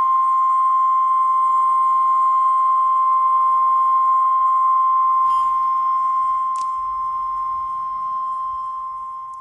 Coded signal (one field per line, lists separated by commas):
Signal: Emergency Alert System (SAME) tones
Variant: 1050 Hz attention tone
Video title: EAS Shelter In Place Warning Chevron Richomnd Refinery Fire AUG 6 2012